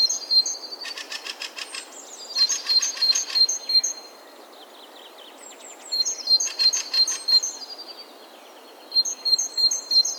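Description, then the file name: Great tit song: repeated high two-note whistles, broken at times by loud buzzy rattling bursts. "Parus major"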